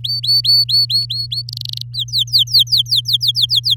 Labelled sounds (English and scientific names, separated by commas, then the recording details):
Domestic Canary (Serinus canaria) song
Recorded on 6 May 2018 at 06:01
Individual llb16